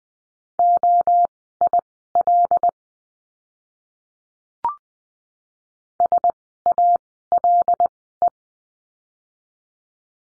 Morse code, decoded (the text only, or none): OIL SALE